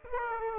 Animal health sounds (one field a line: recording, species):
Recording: mosquito wingbeat signal from an infrared sensor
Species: Aedes aegypti